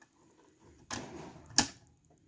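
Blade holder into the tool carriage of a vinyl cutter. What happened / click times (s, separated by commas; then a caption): The blade holder locked into the carriage / 1.6 s. A blade holder is pushed down into the tool carriage of a Silhouette Cameo vinyl cutter and the lock tab is worked. A broad scraping rustle starts at about 0.9 s, and one loud, sharp click comes at 1.6 s. The holder is seated and locked, since its grooves must lock in or the blade will pop out while cutting.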